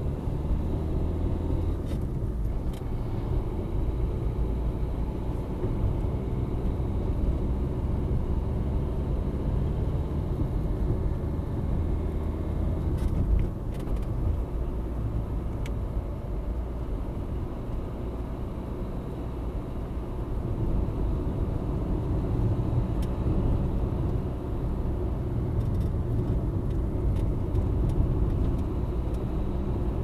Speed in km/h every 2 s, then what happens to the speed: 40, 41, 46, 51, 55, 59, 61, 61, 62, 62, 63, 64, 68, 68, 67.
0-30 speeds up to 67.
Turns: none.